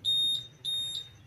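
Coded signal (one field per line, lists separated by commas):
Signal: alarm pattern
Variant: Honda scooter answer-back alarm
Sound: two short high-pitched electronic beeps with brief trailing echo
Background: low hum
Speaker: pangalawang tunog parang medyo humina ng konti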